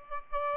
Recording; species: mosquito wingbeat signal from an infrared sensor; Aedes albopictus